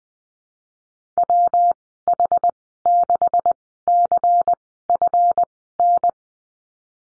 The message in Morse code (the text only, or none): WH6CFN